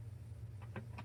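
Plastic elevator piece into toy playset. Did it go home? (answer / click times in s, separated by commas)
no / none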